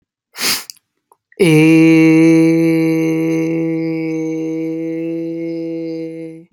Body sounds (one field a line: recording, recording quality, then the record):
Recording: sustained vowel as in made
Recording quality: excellent, no background noise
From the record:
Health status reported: healthy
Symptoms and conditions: none ticked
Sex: male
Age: 26 years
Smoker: yes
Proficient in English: yes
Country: United States